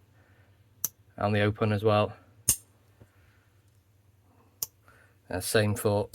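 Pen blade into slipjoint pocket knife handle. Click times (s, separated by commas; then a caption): 0.9 s. The pen blade of a restored Wenger Lumberjack Basic 66 slipjoint pocket knife is closed into its handle and snaps home under its backspring with a sharp click at 0.9 s, a really nice snap. Further sharp clicks follow around 2.5 s and 4.6 s, over a steady low hum, while someone talks.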